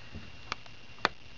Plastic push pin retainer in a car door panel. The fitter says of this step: is just push in you kind of heard that audibly click you can tell it's recessed compared to this one now